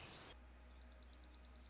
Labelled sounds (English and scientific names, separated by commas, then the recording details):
Dark-eyed Junco (Junco hyemalis)
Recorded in Sonoma County, California